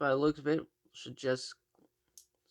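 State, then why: Seated. A plastic piece, likely the chrome trim part, is pressed into the body of a Burago 1/24 scale 1954 Mercedes 300 SL Gullwing model kit while someone talks. A short, sharp snap is heard at 2.2 s as the part seats in place.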